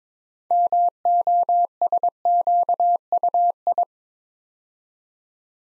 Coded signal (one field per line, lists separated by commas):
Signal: Morse code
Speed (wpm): 22 wpm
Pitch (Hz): 700 Hz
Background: none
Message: MOSQUI